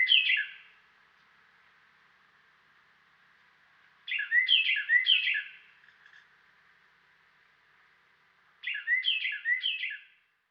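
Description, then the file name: Carolina wren song: three bursts of a rolling, whistled phrase repeated several times in quick succession, separated by pauses of a few seconds, the first cut short at the start, over a quiet background. "dan gibsons solitudes carolina wren"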